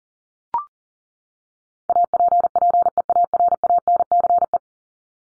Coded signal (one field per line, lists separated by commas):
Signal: Morse code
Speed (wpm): 37 wpm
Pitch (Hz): 700 Hz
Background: none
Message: APPEARANCE